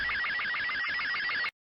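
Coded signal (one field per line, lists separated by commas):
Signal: SSTV (slow-scan television)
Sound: warbling electronic tone rapidly shifting pitch with regular low blips, in hiss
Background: radio static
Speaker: Okay, so this is what's called an SSTV signal. This is the one that uh produces images through sound.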